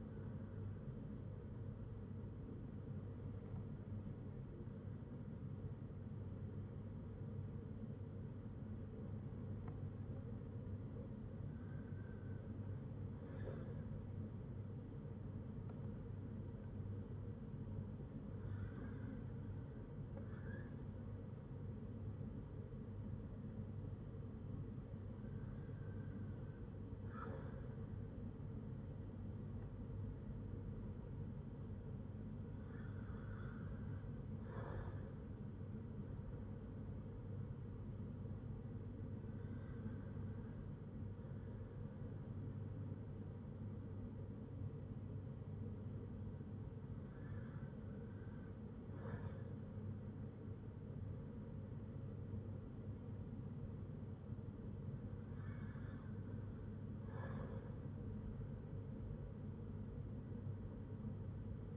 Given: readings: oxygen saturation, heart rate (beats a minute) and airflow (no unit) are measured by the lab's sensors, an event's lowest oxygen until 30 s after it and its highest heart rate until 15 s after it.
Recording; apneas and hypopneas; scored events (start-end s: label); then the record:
breathing in sleep by a smartphone at the bedside; none
none scored
From the record:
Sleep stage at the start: N1 (lightest sleep); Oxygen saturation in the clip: 96 to 97%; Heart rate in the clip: 55 to 62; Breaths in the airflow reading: 9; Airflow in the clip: -3.9 to 4.4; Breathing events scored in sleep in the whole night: 182 in 7.4 hours asleep